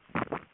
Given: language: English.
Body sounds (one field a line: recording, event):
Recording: throat vibration sensor signal played as sound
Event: swallow